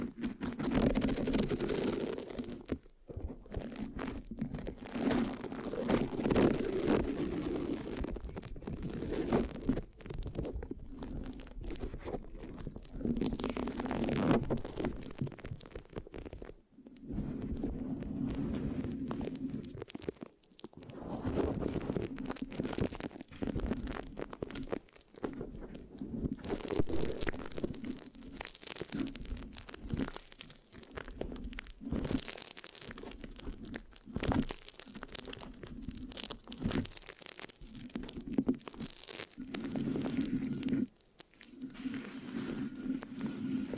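Sticky mic scratching rasps and crackles in dense, uneven bursts, with a low rumbling undertone and brief silent breaks around 3, 17, 20 and 41 seconds.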